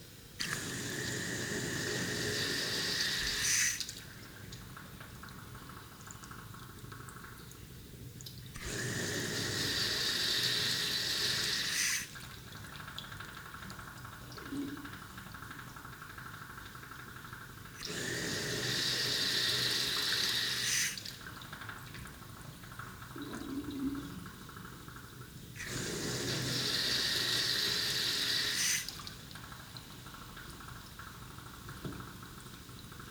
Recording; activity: daily activity, guitar pickup as the sensor; flush